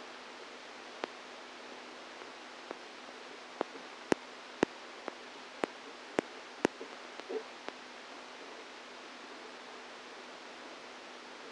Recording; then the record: brain microelectrode recording played as sound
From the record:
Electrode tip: outside the subthalamic nucleus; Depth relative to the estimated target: 3 mm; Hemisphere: right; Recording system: NeuroSet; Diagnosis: Parkinson's disease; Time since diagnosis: 10 years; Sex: female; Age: 45 years